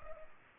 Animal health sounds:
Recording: mosquito wingbeat signal from an infrared sensor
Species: Culex pipiens

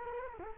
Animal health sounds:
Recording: mosquito wingbeat signal from an infrared sensor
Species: Culex quinquefasciatus

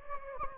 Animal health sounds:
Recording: mosquito wingbeat signal from an infrared sensor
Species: Anopheles gambiae

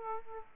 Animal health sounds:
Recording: mosquito wingbeat signal from an infrared sensor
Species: Aedes aegypti

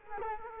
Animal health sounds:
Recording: mosquito wingbeat signal from an infrared sensor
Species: Culex quinquefasciatus

